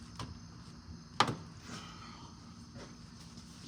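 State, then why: Seated. A transmission cooler line's quick-connect fitting is pushed onto the cooler port of a new radiator in a Chevrolet Colorado/GMC Canyon. After a faint tap at 0.2 s, a sharp click at 1.2 s marks the clip snapping home, and the fitting is seated.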